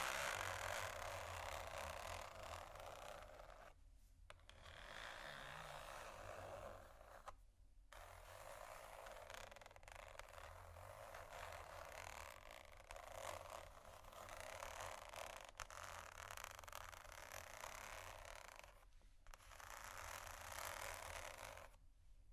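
Dense, steady scratching fills the clip, a bright hissing rasp with fine grainy detail that barely lets up. It breaks off briefly around four, seven, nineteen and twenty-one seconds, then resumes. A low, even hum runs underneath throughout.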